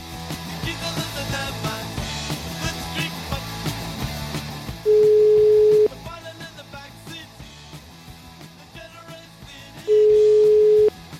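Two long, steady, mid-pitched telephone ringing tones sound several seconds apart as an outgoing phone call is placed, each about a second long and loud, over a busy background music bed.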